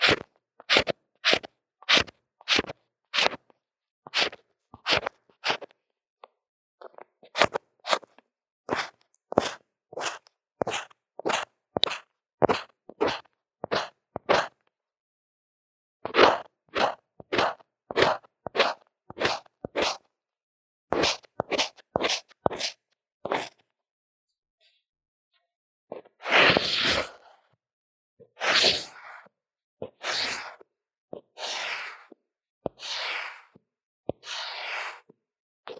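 Drawing and makeup sounds: quick, regular scratchy strokes in bursts with short pauses, turning into slower, broader brushing swipes after about 26 seconds.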